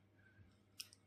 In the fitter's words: Nah, dorong udah ngunci ini.